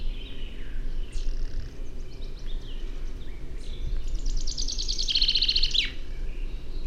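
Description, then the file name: Common chaffinch song: a rapid trill of repeated notes ending in a sharp downward flourish, with fainter bird notes earlier and low background rumble. "Fringilla coelebs"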